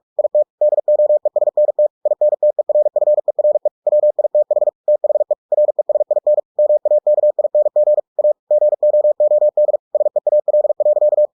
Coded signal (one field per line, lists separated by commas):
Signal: Morse code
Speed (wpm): 46 wpm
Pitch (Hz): 600 Hz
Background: none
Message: IT DOESNT INTERFERE WITH THE RESIN MAKING A GOOD SEAL.